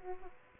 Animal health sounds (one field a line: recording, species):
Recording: mosquito wingbeat signal from an infrared sensor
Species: Aedes aegypti